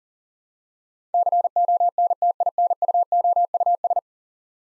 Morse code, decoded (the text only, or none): CONTINUOUS